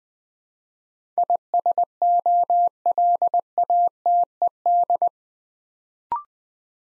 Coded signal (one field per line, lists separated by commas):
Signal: Morse code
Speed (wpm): 20 wpm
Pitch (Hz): 700 Hz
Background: none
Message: ISOLATED